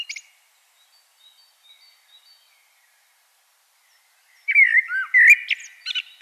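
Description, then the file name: Common blackbird song: after a brief note and faint birds, a mellow warbling phrase closes with shrill twittering. "Turdus merula"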